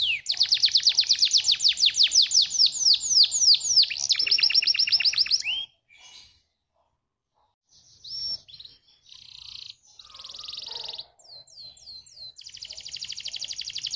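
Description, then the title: Atlantic canary song, fast rattling trills and sweeping notes high in pitch, a brief pause midway, then buzzy trilled phrases resume. Belgian canary song played to warm up and stimulate canaries so they start singing. "Canto Para Esquentar Canário Belga. SUARA MASTERAN AMPUH BANYAK BURUNG KENARI CEPAT BUNYI GACOR DENGAN SUARA KENARI INI"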